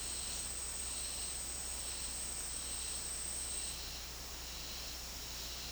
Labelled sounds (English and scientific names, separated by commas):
none